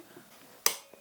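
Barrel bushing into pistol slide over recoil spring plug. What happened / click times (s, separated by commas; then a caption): The steel bushing clicked into its locked position / 0.7 s. During reassembly of a Bersa Model B1911 .45 ACP 1911 pistol, the recoil spring plug is pressed in against the spring while the steel barrel bushing is rotated around in the slide until it locks over the plug. After near silence, a single sharp, bright metallic click lands at 0.7 s, followed by a faint tick just after 0.9 s. The barrel bushing clicks into place and is seated.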